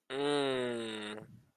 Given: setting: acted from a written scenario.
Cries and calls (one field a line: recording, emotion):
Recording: vocal sound without words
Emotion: realization